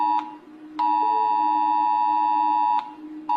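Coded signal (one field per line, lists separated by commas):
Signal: Emergency Alert System (SAME) tones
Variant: 853 and 960 Hz attention tone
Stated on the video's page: Simulated fictional EAS alarms made with Gacha Club.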